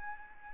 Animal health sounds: mosquito wingbeat signal from an infrared sensor; Anopheles arabiensis

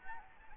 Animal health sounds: mosquito wingbeat signal from an infrared sensor; Anopheles arabiensis

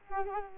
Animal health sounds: mosquito wingbeat signal from an infrared sensor; Culex quinquefasciatus

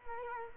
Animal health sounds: mosquito wingbeat signal from an infrared sensor; Culex quinquefasciatus

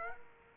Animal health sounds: mosquito wingbeat signal from an infrared sensor; Aedes aegypti

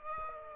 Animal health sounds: mosquito wingbeat signal from an infrared sensor; Aedes aegypti

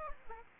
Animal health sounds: mosquito wingbeat signal from an infrared sensor; Aedes aegypti

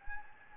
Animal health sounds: mosquito wingbeat signal from an infrared sensor; Anopheles gambiae

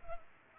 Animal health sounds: mosquito wingbeat signal from an infrared sensor; Culex pipiens

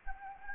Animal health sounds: mosquito wingbeat signal from an infrared sensor; Anopheles gambiae

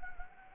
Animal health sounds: mosquito wingbeat signal from an infrared sensor; Anopheles gambiae

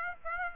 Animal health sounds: mosquito wingbeat signal from an infrared sensor; Aedes aegypti

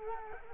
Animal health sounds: mosquito wingbeat signal from an infrared sensor; Culex quinquefasciatus

